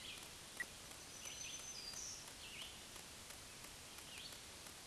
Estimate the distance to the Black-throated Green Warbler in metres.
about 30 m